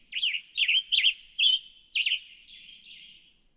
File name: Western Tanager